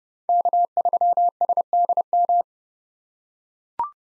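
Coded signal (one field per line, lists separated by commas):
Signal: Morse code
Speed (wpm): 32 wpm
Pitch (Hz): 700 Hz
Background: none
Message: K3SDM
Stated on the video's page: Head-copy drill at 30 wpm of common POTA hunter call signs, each sent in Morse, spoken, then sent again.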